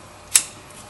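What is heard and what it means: An ignition coil on a 2011 Toyota Tacoma is pushed down onto the spark plug in the cylinder head. A single sharp, bright click is heard at 0.4 s against quiet background noise. The coil snaps on and is locked in place.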